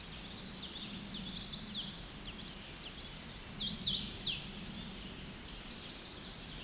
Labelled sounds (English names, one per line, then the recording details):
Hooded Warbler song
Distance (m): 5 m
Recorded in a Pennsylvania forest on 16 May 2024 at 09:01
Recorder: AudioMoth, point MSD-2181
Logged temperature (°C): 12.8 °C
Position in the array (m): 163 m, 112 m